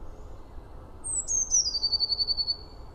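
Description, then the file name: Eurasian blue tit phrase: thin high notes sliding down, then a fast pulsing trill. "Cyanistes caeruleus"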